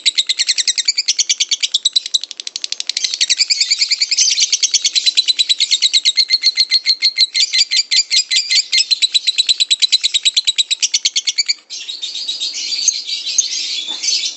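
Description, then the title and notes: Lovebird trilling in one long, rapid, buzzy chatter of repeated high notes, breaking briefly near the end before resuming in a rougher, busier form. Lovebird giving its long 'ngekek' trill, used as a lure song. "Master Kicau Lovebird ngekek, kicau pancingan"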